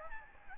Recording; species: mosquito wingbeat signal from an infrared sensor; Aedes albopictus